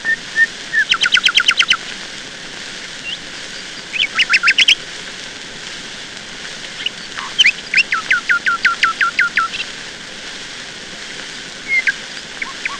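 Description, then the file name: Nightingale song with separate phrases: a quick run of repeated notes, a short burst, then a longer series of piping notes and a few soft calls. "Solovei"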